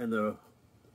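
A pistol barrel with a go gauge in the chamber is handled for a headspace check, about to be closed into the steel slide under the extractor. Someone talks for the first 0.3 seconds, then only faint low rustling follows. Nothing has seated or clicked yet.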